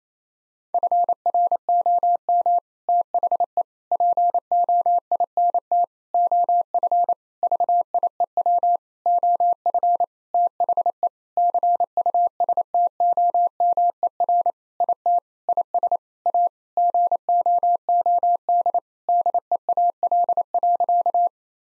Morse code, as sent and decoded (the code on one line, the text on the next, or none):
..-. .-. --- -- / - .... . / .--. --- .. -. - / --- ..-. / ...- .. . .-- / --- ..-. / - .... . / -.-. ..- ... - --- -- . .-. / .. - / .. ... / .- / --. --- --- -.. / -.. . .- .-.. .-.-.-
FROM THE POINT OF VIEW OF THE CUSTOMER IT IS A GOOD DEAL.